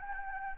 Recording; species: mosquito wingbeat signal from an infrared sensor; Anopheles gambiae